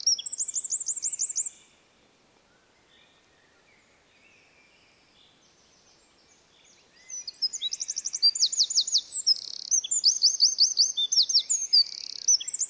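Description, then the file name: Eurasian wren song: a brief high trill, about five seconds of quiet, then a long, rapid burst of shrill notes, trills and rattles to the end. "Troglodytes troglodytes"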